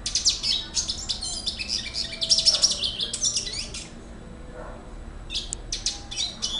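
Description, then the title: Red Siskin song of quick, high twittering notes for several seconds, a pause, then renewed short sharp bursts of chirps. "Pavanegra. cardenalito cantando"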